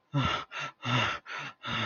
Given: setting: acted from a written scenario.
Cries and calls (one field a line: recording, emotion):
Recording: vocal sound without words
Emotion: fear